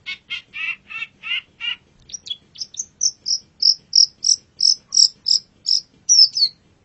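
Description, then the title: Long-tailed shrike singing: a few buzzy, harmonic notes, then a steady run of high, sharp chirps, about three each second. Long-tailed shrike song, described as a champion singing bird. "Kicau Burung Cendet Juara"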